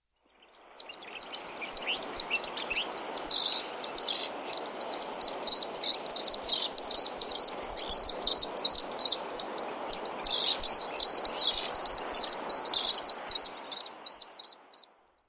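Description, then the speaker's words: Pied Kingfisher calling, a long, dense run of sharp, high chirping notes repeated rapidly, over a steady background hiss. Among kingfishers one of the loudest and most talkative; southern Africa. "Und dann ist da noch der Graufischer. Er ist unter den Eisvögeln einer der lautesten und gesprächigsten. Der klingt so."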